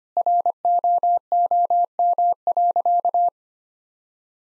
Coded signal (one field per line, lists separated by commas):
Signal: Morse code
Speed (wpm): 25 wpm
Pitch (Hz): 700 Hz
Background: none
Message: ROOM.